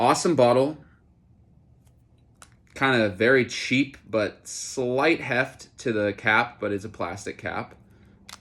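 Someone talks while handling a fragrance bottle and its plastic cap, which has a slight heft, as the cap is brought toward the bottle to be pressed back on. A few brief faint ticks of handling sound between the words, including one around 2.4 s. The clip ends just before the cap goes home, so nothing has seated or clicked yet.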